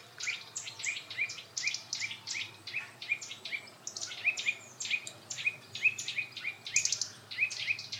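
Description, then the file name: Eurasian nuthatch calling: sharp, piping notes repeated rapidly and almost continuously, several per second, against faint background hiss. "Sitta europaea"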